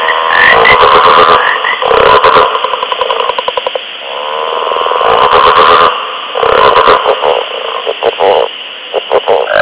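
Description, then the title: Frogs calling in a loud chorus of grating croaks and bursts of fast pulsed rattles, rising and falling in waves. Frog recorded on ice. "frosch auf eis - radio aporee"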